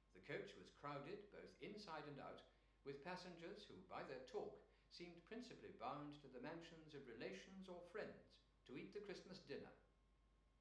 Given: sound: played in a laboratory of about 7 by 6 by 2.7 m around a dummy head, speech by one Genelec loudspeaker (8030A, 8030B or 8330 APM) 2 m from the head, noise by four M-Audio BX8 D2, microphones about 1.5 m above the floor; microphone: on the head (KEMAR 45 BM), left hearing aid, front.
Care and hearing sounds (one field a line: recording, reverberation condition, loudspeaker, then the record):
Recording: male speech in English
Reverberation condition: medium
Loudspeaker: 90 degrees to the left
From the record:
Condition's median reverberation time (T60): about 510 ms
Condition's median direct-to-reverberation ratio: about -0.5 dB